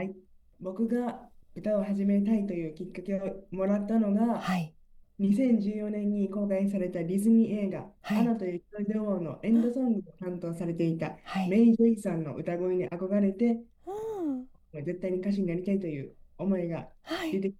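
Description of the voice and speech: Adult male wheelchair singer, 21 years old, speaking Japanese with dysarthria from cerebral palsy present since birth, which limits his control of his body and vocal cords; he has constant muscle tension.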